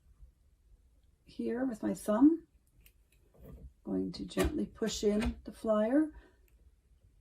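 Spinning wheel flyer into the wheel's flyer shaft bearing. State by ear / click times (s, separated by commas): partly seated / 6.5 s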